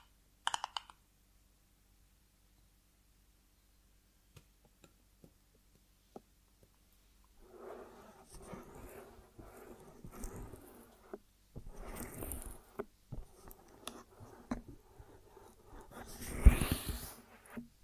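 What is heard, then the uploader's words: A honeycomb on a branch is handled, opening with a quick burst of crackling clicks, then near silence with a few faint ticks. After about seven seconds, dense sticky crackling and crunching sets in and continues to the end, with a louder crinkling swell around sixteen seconds. ASMR of a Honeycomb on Branch (No Talking).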